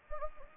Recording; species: mosquito wingbeat signal from an infrared sensor; Anopheles gambiae